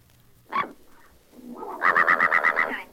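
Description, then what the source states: Parrot imitating a dog: one short harsh yelp, then a quick run of clipped bark-like pulses. Bambi, a talking parrot, barking like a dog on request; taped in a shop at Rockefeller Center with a cacophonic background.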